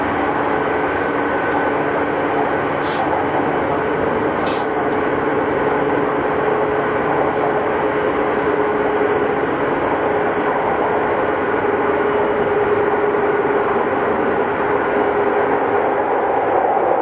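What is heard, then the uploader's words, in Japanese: A Tokyu 8500 series train running between Omotesando and Azamino, with a steady, dense roar of wheels and running noise throughout. A low, even motor hum sits under the din, and a couple of brief high clicks come near the start. 東急8500系 表参道〜あざみ野。東京メトロ→東急区間の録音です。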